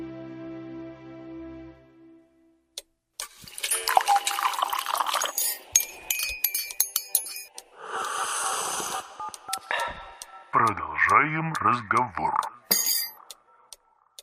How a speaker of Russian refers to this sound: Я понял, что мы слышали, как ты кофе наливаешь сейчас, да? И говоришь такой, куда он? Нет, нет, у меня термос стоит на столе.